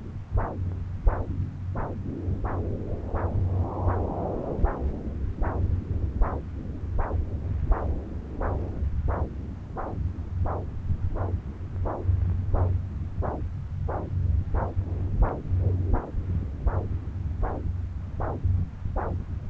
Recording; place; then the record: Doppler ultrasound of blood flow; right subclavian vein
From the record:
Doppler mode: continuous wave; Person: adult scuba diver, at rest before a dive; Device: O'Dive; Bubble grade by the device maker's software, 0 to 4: 0